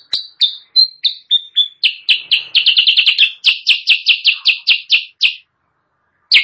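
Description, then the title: Sooty-headed bulbul song: slurred whistles leading into a dense volley of sharp repeated chirps, then a silent gap before one last note. Training recording for caged birds, also used as a lure call; described as persistently singing (gacor). "Masteran Kutilang Sutra. suara pikat kutilang sutra kutilang sutra gacor"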